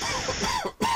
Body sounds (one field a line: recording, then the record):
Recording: coughing mixed with background sound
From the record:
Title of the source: Dry Coughing Fit in the Afternoon.